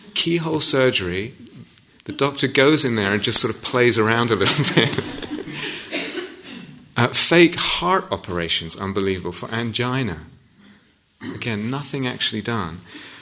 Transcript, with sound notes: Keyhole surgery. The doctor goes in there and just sort of plays around a little bit. [laughter] Fake heart operations, unbelievable, for angina. Again, nothing actually done.